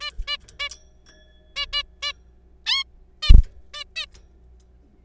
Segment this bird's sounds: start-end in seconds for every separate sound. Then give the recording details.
0.01-0.10, 0.28-0.37, 0.59-0.69, 1.56-1.66, 1.73-1.83, 2.03-2.12, 2.66-2.83, 3.23-3.32, 3.74-3.84, 3.96-4.06. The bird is a juvenile. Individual R3428